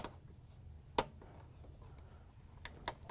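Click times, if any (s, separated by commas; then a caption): 1.0 s. A plastic wiring harness connector on a Whirlpool/KitchenAid/Maytag washer is lined up and pushed down into the washer's shifter so it locks in place for a good connection. After a faint tap at the start, a sharp click at 1.0 s marks the connector seating, followed by two smaller ticks near 2.6 and 2.9 seconds.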